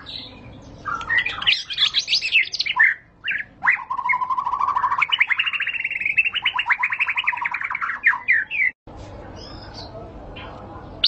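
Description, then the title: White-rumped shama delivering a dense rapid rattle of repeated notes, sliding whistles before and after, ending abruptly then a few soft calls. High-class lure (pancingan) recording, much sought as master song for training caged birds. "Pancingan Murai Batu Berkelas Banyak Di Cari Buat Masteran"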